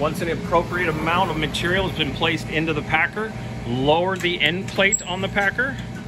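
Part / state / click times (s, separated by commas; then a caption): end plate latching onto biomass packer chamber / not seated / none. Someone talks over a steady low hum while the hinged metal end plate of a Luna Technologies biomass packer is lowered over the loaded chamber. The plate has not yet locked into place, and nothing has seated or clicked yet.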